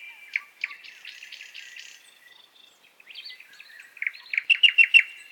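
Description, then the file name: Nightingale song: a buzzy, rattling phrase, a brief pause, then a crescendo of sharp repeated notes that grows louder toward the end. "Solovei"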